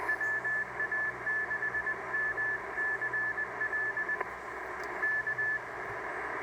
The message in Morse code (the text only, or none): WA6MCL K